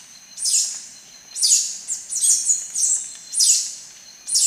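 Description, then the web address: Ochre-breasted tanager calls, high, sharp downslurred notes repeated roughly once a second, sometimes doubled. Ecuador. "Natures Songs S America Birds of Ecuador Ochre-breasted Tanager"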